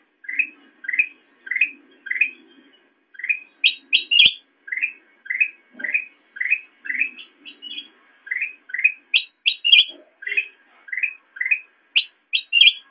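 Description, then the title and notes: Sooty-headed bulbul giving rapid series of short chirpy notes, some higher clipped phrases mixed in, with a faint low hum underneath at times. Tutor song (masteran) for training songbirds. "suara burung kutilang buat masteran"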